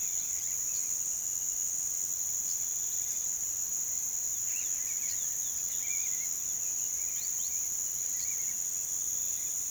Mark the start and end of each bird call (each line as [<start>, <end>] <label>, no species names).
[0.00, 0.98] bird call
[4.41, 8.70] bird call